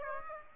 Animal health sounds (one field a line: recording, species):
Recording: mosquito wingbeat signal from an infrared sensor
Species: Aedes aegypti